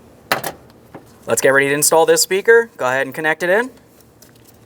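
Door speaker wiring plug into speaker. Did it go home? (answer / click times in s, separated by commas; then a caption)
no / none. A door speaker's plastic electrical wiring connector is handled on a 2006–2010 Ford Explorer, with a sharp handling knock near 0.3 s and a few faint taps while someone talks. The connector has not yet seated or clicked into the speaker by the end of the clip.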